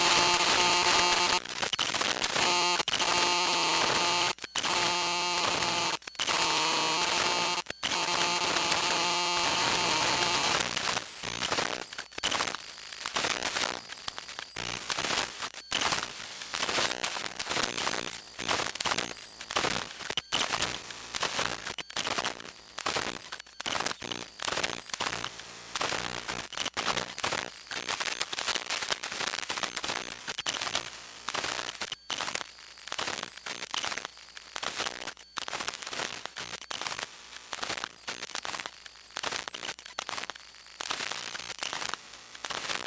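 Radio interference from a running phone with its wireless links active: a harsh buzz full of crackle and rapid clicking. The first ten seconds are loudest, with steady whining tones underneath; after that it thins to a flickering chatter punctuated by sharp pops.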